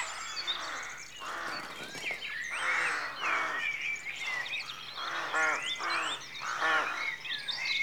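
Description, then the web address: Rooks giving a steady stream of rasping caws, mixed with whistled notes of other birds. Rookery at dawn, rural exterior atmosphere. "The BBC Sound Effects Library - Complete 60 CDs Collection Sound Effects Library-52 (Exterior Atmospheres-Rural Backg) Rookery Dawn"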